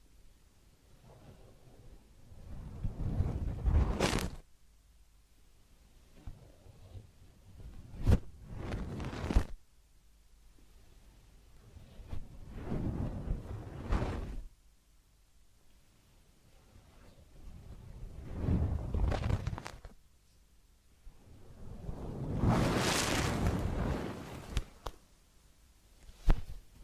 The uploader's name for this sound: Massage, Ear Cleaning and Spa